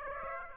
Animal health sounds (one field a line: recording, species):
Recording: mosquito wingbeat signal from an infrared sensor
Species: Aedes aegypti